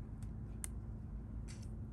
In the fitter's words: You'll hear it click once it's in properly.